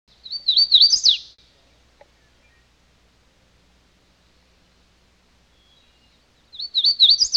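Hooded warbler phrase: a quick, sweet warbled run of high notes that climbs and then drops sharply at the end, heard twice with silence between.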